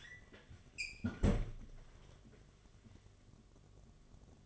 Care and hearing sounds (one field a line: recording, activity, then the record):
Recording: daily activity, microphone in the room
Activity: close fridge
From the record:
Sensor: 4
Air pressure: 1005.5 hPa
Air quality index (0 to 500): 172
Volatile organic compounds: 4 ppm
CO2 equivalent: 1692 ppm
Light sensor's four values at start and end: 5/11/4/4 and 6/12/5/4